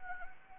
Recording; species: mosquito wingbeat signal from an infrared sensor; Anopheles arabiensis